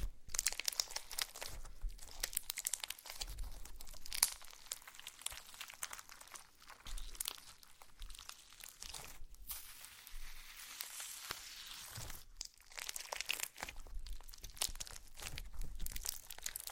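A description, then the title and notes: Slime being squeezed and worked by hand gives a dense run of crinkling, crackling pops and squelches that carries on for the whole stretch. The sound is bright and busy, with short pauses near 1, 9 and 12 seconds before the crackling resumes. ASMR SLIME! 5 Satisfying Slimes.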